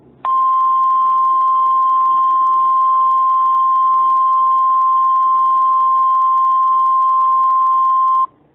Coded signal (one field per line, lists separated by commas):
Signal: Emergency Alert System (SAME) tones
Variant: 1050 Hz attention tone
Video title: The Deadly Surgeon in Colorado (EAS Scenario)